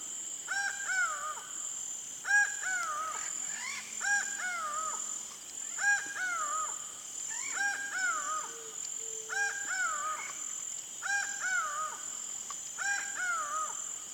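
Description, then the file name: Laughing Falcon calls, paired ringing harmonic notes with a drooping second note, repeated at a regular pace, with short low tones and steady insect buzz in the background. Recorded in the Pantanal. "Acaua"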